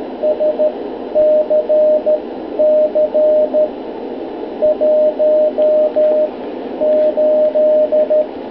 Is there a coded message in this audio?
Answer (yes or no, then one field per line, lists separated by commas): yes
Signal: Morse code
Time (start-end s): 0.2-8.2 s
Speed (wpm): 13 wpm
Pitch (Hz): 610 Hz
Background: radio noise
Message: S C C 1 8